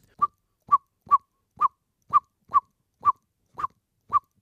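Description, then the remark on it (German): A blackbird parent gives a mild ground-predator alarm on seeing a cat sitting: nine short, sharp "chook" calls at a steady, unhurried pace, each a clear mid-pitched note, with no voices or other sounds. “Der Bodenfeind Alarmruf in leichter Form.”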